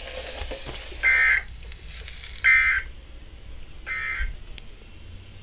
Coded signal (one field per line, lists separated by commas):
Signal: Emergency Alert System (SAME) tones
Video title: (EAS TRIPLE HEADER) EAS # 49, #50, #51. SVR, SMW, FFW 5/12/14